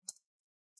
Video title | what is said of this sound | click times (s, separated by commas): How to Repaste and Clean an HP 15 NOTEBOOK 15 f039wm Laptop - Step by Step | on the back side gently push it down make sure you hit those nice click sounds now | 0.1 s, 0.8 s